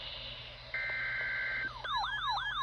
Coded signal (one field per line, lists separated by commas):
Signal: Emergency Alert System (SAME) tones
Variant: header bursts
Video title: Tropical Storm Elsa + EAS Alerts from 7/9/21 - EAS 292-315